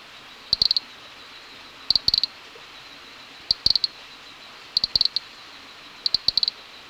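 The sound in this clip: Nesobia mjobergi ticking call, clusters of three to five sharp high clicks repeated roughly every one and a half seconds against a quiet background hiss.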